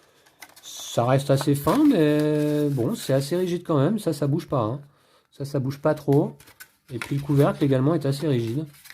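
A rigid plastic or cardboard cover is being handled onto a board game storage insert, where it is meant to clip on at the sides. Someone talks throughout, with a few short handling knocks near the start. Nothing has seated or clicked yet.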